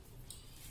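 The gas lift cylinder of an office chair is pushed into its socket in the chair base. A short hard knock is heard at 0.3 seconds as it drops in and locks, seating the cylinder.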